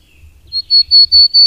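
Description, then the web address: Willow tit singing a short run of five clear, steady whistled notes at an even pace, each held briefly and all on the same pitch. "agykontroll Madardalok Cd 1. Kormosfejű cinege"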